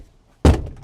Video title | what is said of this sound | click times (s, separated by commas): Can I Turn this $900 Rust Bucket Into a Daily Driver?!?! | clicks right in | 0.5 s